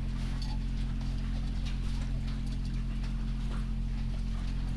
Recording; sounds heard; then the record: poultry house recording; sick chickens (respiratory disease)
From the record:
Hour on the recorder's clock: 23